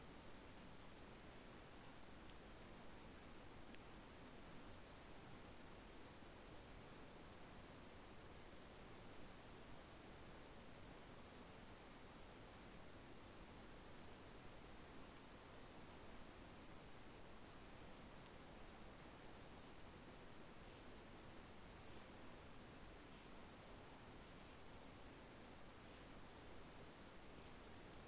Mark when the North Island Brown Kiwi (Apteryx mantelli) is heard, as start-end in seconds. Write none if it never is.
none